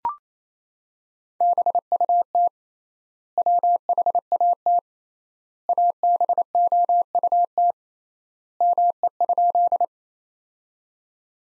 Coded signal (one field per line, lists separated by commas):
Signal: Morse code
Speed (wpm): 28 wpm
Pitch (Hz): 700 Hz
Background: none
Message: BUT WHAT ABOUT ME?